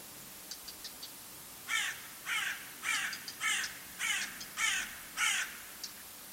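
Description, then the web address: Bird giving harsh, raspy caws, seven in a row about every 0.6 seconds, with faint short high chips before and among them. "Deverinetal 2025 File origin Bird Only"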